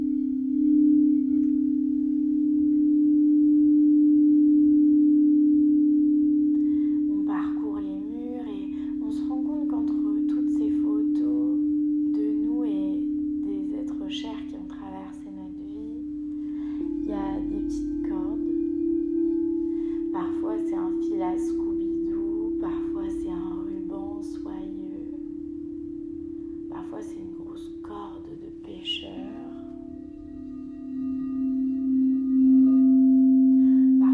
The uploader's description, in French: une méditation sonore accompagnée de bols en crystal et de carillons